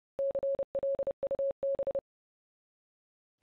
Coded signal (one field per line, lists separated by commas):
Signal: Morse code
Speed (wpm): 30 wpm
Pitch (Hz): 550 Hz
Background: none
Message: CLUB